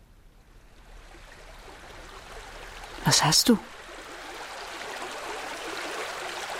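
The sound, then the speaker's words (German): River water flows in a steady, hissing rush that swells slightly over the seconds, while a voice briefly asks a short question partway through. “Sie stand da und sah über den Fluss.”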